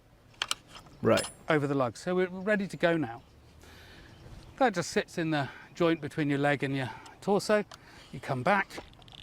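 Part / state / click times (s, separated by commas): crossbow string into the release nut of the crossbow / not seated / none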